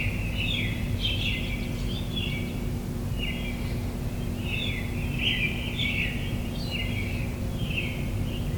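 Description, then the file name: Chirpy bird song in repeated short trilling bursts, some pauses between phrases, with a continuous low rumble behind. Recorded in the morning. "admiralbob 77-bird sounds in the morning"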